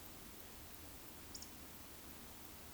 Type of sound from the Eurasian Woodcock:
whistle